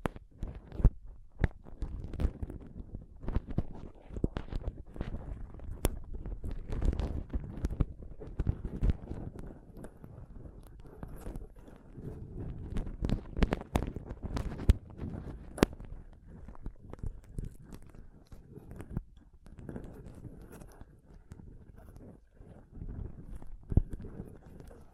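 Mic scratching and touching: dense, uneven rubbing and tapping, mostly low and muffled, with sharp bright clicks scattered throughout, easing slightly toward the end.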